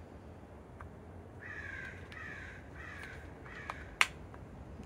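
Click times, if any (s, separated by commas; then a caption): 4.0 s. A replacement grinder motor is pressed onto the grinder assembly of a Gaggia Anima Deluxe espresso machine, with faint ticks and several rasping, tonal scrapes around 2 kHz as it is worked into position. A sharp snap at 4.0 s marks the motor seating in place.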